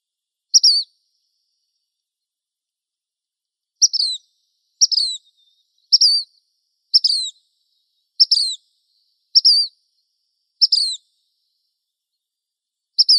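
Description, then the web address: Black phoebe giving a series of nine crisp, high, down-slurred call notes, most about a second apart after an early pause, with no other sounds. Recorded in Arizona. "Flycatchers BLPH"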